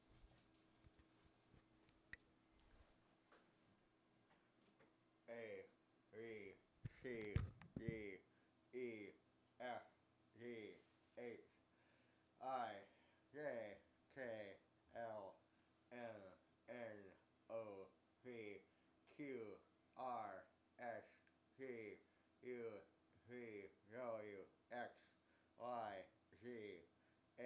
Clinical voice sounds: letters of the alphabet, spoken; constrained by a bite bar between the teeth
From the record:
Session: first day, right after the free take

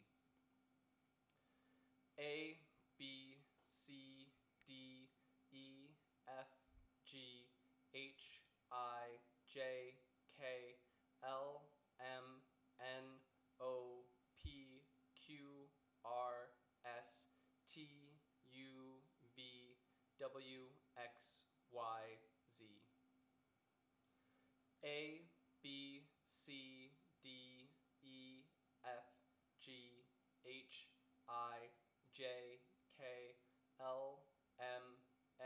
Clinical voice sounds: letters of the alphabet, spoken; free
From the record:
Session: first day, before the bite bar

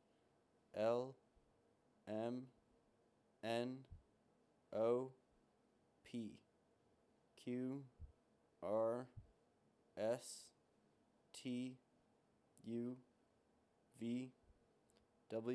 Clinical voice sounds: letters of the alphabet, spoken; free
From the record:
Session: seven days later

